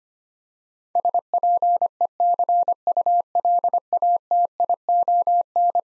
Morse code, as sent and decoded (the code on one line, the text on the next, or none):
... .--. . -.-. ..- .-.. .- - .. --- -.
SPECULATION